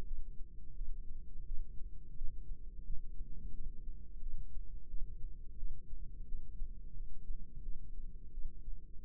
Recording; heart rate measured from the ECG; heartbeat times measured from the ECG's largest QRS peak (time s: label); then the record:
heart sounds by microphone in the right ear; 87 bpm
0.05 s: heartbeat
0.75 s: heartbeat
1.46 s: heartbeat
2.16 s: heartbeat
2.85 s: heartbeat
3.53 s: heartbeat
4.21 s: heartbeat
4.88 s: heartbeat
5.57 s: heartbeat
6.26 s: heartbeat
6.94 s: heartbeat
7.63 s: heartbeat
8.32 s: heartbeat
9.01 s: heartbeat
From the record:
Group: healthy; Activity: rest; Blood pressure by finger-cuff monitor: 114/84 mmHg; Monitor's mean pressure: 97 mmHg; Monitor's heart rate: 87 bpm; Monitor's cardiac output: 4.9 L/min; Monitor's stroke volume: 56 mL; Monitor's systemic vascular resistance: 1440 dyn s/cm5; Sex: female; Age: 51 years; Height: 162 cm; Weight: 70.04 kg